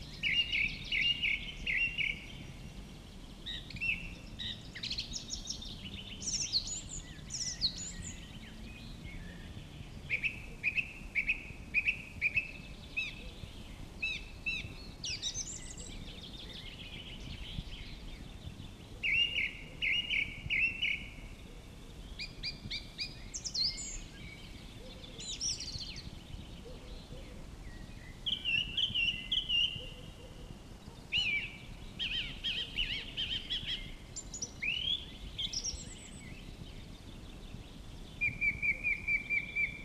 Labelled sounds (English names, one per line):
Song Thrush song